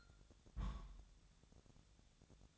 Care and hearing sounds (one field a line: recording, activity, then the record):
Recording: daily activity, microphone in the room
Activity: place on stove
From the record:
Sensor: 3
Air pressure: 999.3 hPa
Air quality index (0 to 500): 198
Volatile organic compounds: 45 ppm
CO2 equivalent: 3227 ppm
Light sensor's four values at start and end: 7/17/7/6 and 7/17/7/6